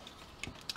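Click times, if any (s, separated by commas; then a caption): 0.4 s, 0.7 s. A plastic part of a transforming toy robot is clipped into the body during its transformation. Two short, sharp plastic clicks are heard at 0.4 s and 0.7 s, and the part seats in place.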